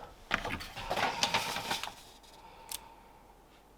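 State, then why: Not seated. A roller blind, a second one from the same brand chosen to avoid the closing problem of another, is pushed a second time into the skylight window frame's clips. Sharp plastic knocks and rattles sound between about 0.3 and 1.8 s, then a single faint tap near 2.7 s over a low steady hum. Nothing has clicked into place yet.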